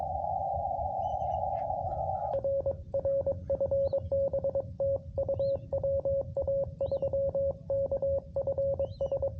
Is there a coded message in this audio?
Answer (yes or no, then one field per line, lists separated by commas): yes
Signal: Morse code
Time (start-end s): 2.3-9.3 s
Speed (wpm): 22 wpm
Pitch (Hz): 550 Hz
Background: radio noise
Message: R R FB TU WA3KFS